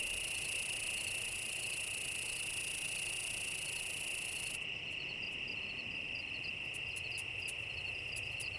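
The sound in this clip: Cicada song: a level, unbroken shrill drone, with a higher hiss above it that stops about halfway, followed by several short sharp clicks.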